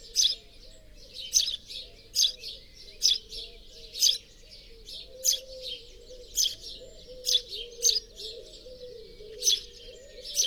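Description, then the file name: House sparrow giving loud repeated chirps, some doubled, at an uneven pace of about one per second. "Passer domesticus"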